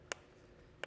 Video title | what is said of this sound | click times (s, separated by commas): etrailer - Redarc Tow-Pro Elite Trailer Brake Controller Installation - 2023 Jeep Wrangler Unlimited | that just kind of snaps into place there. | 0.1 s, 0.8 s